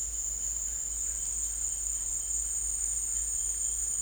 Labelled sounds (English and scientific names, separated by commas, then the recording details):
none
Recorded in secondary vegetation near Puerto Asís, Putumayo, Colombia, on 20 December 2024 at 14:30
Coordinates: 0.484, -76.319
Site GP06